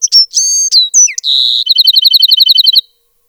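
Bewick's wren song opens with buzzy whistled notes and a drawn-out buzz, then ends in a rapid, evenly spaced trill of many bright notes.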